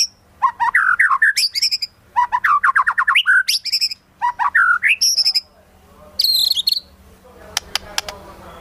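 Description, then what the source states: White-rumped shama song in three bursts of rich warbled phrases, each sweeping upward into high whistles, followed by a short high flourish and a few sharp clicks. Lure sound used for trapping.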